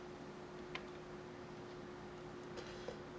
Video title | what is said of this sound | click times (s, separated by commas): iphone 4 screen installation | a little click when you get that on there right | 0.8 s